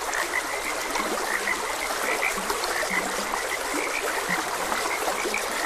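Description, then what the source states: Frogs chirping in a dense chorus with several low croaks mixed in, over the steady sound of a stream. Frogs croaking beside a gentle stream.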